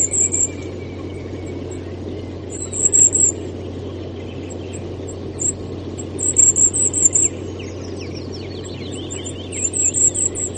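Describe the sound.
Goldcrest singing short, very high, thin repeated phrases at intervals, over a constant low rumble.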